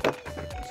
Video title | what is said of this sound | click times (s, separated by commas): All BLACK WIDOW (Movie) Marvel Legends (Complete set) CRIMSON DYNAMO Build-a-Figure UNBOXING! | this right on in here snap | 0.0 s